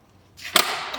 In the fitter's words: And similarly, when you're bringing it up, you want to listen for the full double lock.